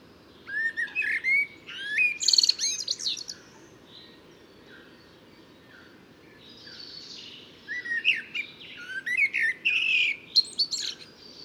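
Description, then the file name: Eurasian blackbird song: two phrases of mellow fluted warbling, each ending in high squeaky twitters, separated by a quiet pause with faint bird notes in the background. "Turdus merula"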